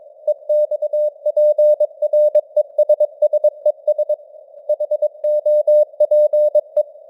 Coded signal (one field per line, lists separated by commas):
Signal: Morse code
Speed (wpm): 22 wpm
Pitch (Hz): 600 Hz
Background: none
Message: EXPRESSES HOPE